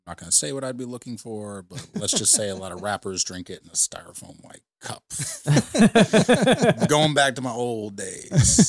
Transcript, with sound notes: I'm not going to say what I'd be looking for, but let's just say a lot of rappers drink it in a styrofoam white cup. (laughing) Going back to my old days.